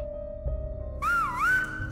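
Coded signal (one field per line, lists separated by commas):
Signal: whistled language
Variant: Silbo Gomero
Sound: a second of low hum, then one clear whistle dipping and rising in pitch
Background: low hum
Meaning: Mom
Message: Мама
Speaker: Все, что мы говорим, можно передать свистом.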